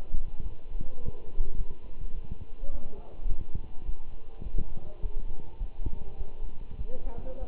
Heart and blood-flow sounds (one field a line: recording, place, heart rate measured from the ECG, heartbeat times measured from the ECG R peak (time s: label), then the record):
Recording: heart sounds by stethoscope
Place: between the tricuspid and mitral areas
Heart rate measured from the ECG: 103 bpm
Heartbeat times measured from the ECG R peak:
0.43 s: heartbeat
1.01 s: heartbeat
1.57 s: heartbeat
2.15 s: heartbeat
2.71 s: heartbeat
3.28 s: heartbeat
3.85 s: heartbeat
4.43 s: heartbeat
5.02 s: heartbeat
5.59 s: heartbeat
6.18 s: heartbeat
6.78 s: heartbeat
7.40 s: heartbeat
From the record:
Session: walking at 3.7 km/h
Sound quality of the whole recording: good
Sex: male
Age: 24 years